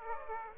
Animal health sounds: mosquito wingbeat signal from an infrared sensor; Aedes aegypti

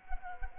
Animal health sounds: mosquito wingbeat signal from an infrared sensor; Culex quinquefasciatus

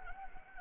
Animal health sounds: mosquito wingbeat signal from an infrared sensor; Anopheles arabiensis

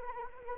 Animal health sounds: mosquito wingbeat signal from an infrared sensor; Anopheles arabiensis

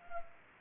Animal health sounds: mosquito wingbeat signal from an infrared sensor; Culex pipiens

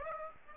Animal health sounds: mosquito wingbeat signal from an infrared sensor; Aedes aegypti

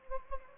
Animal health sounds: mosquito wingbeat signal from an infrared sensor; Anopheles gambiae

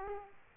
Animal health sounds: mosquito wingbeat signal from an infrared sensor; Aedes aegypti

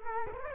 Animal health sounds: mosquito wingbeat signal from an infrared sensor; Culex quinquefasciatus

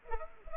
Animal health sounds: mosquito wingbeat signal from an infrared sensor; Culex pipiens

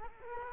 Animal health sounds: mosquito wingbeat signal from an infrared sensor; Culex quinquefasciatus

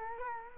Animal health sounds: mosquito wingbeat signal from an infrared sensor; Culex quinquefasciatus

